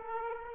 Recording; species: mosquito wingbeat signal from an infrared sensor; Aedes aegypti